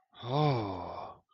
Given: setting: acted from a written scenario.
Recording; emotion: vocal sound without words; awe